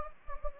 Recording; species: mosquito wingbeat signal from an infrared sensor; Anopheles gambiae